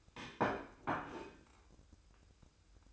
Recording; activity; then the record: daily activity, microphone in the room; place plate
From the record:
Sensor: 2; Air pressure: 1007.3 hPa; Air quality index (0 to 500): 39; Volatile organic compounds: 1 ppm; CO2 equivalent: 539 ppm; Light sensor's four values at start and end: 6/15/6/6 and 6/15/6/6